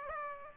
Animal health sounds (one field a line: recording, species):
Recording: mosquito wingbeat signal from an infrared sensor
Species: Aedes aegypti